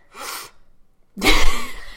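A short breathy intake, a brief pause, then one loud explosive burst: a single sneeze from a sick adult.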